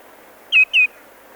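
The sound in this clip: Common greenshank giving a clear two-note call, both notes bright and ringing with a slight downward slide, close together against faint background hiss.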